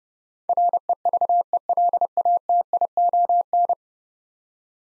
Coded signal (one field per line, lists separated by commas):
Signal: Morse code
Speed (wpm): 30 wpm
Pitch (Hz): 700 Hz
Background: none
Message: REVELATION